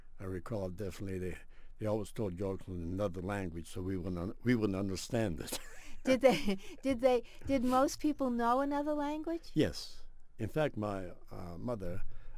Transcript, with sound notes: I recall definitely they, they always told jokes in another language so we wouldn't --- we wouldn't understand it. [laughs]
Did they, did most people know another language?
Yes. In fact, my, mother,